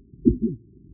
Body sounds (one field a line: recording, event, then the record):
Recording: neck accelerometer signal played as sound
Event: voluntary cough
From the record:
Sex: male